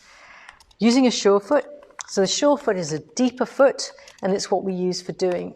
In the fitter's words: until it locks in place